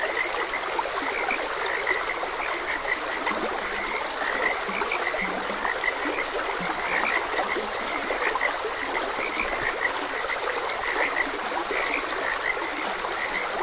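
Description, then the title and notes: Frogs croaking in a dense, continuous chorus of overlapping short notes over a steady flowing stream. Frogs croaking beside a gentle stream. "Frogs Croaking. Sleep and Relaxation Podcast"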